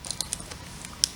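The blue wire's crimped terminal from a Daytona Twin Tec Twin Tuner harness is pushed into terminal 3 of a plastic engine control module connector. A few light ticks come at 0.1, 0.2 and 0.3 s, then a faint tap at 0.9 s, before a sharp, loud click at 1.0 s. That click is the terminal locking into the connector, fully seated.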